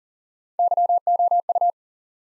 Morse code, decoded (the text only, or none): YOU